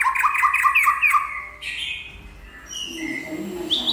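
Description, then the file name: White-rumped shama song: rapid repeated rich notes near the start, then a fading pause and a few thin whistled phrases rising toward the end. Champion bird from a singing contest. "suara murai batu juara lomba"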